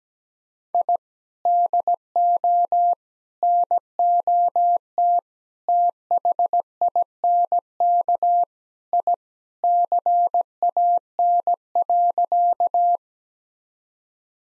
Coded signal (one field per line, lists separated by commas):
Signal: Morse code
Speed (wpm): 17 wpm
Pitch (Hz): 700 Hz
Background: none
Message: I DO NOT THINK I CAN.